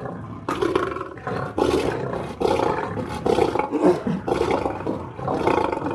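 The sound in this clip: Lion roaring in a series of rough bursts, each about a second long, rising and falling in loudness.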